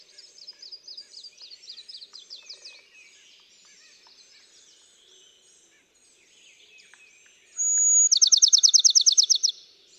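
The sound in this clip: Bachman's sparrow song: quiet jumbled twittering notes for several seconds, then a clear whistle and a loud, fast, even trill near the end.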